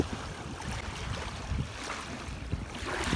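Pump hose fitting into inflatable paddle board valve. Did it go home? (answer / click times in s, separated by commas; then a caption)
no / none. A pump hose fitting is pushed against the inflation valve of an inflatable paddle board, but it does not latch, and nothing has clicked or seated. Steady wind and water-like noise fill the background, with a few soft low bumps around 1.5 s and 2.5 s.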